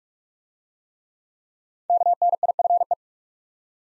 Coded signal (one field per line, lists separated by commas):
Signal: Morse code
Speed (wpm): 46 wpm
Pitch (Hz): 700 Hz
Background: none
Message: KNIFE